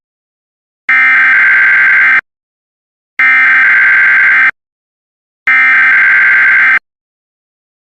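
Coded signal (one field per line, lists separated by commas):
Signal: Emergency Alert System (SAME) tones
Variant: header bursts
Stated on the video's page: Fictional EAS scenario, remastered version.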